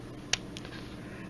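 The metal pocket clip on a Pentel Graph Gear 1000 0.5mm retractable drafting pencil is pushed down onto the barrel, giving one sharp click at 0.3 s. Two fainter ticks follow. The clip latches and retracts the lead sleeve into the barrel.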